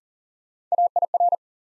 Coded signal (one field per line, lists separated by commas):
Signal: Morse code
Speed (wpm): 39 wpm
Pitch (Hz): 700 Hz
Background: none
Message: AIR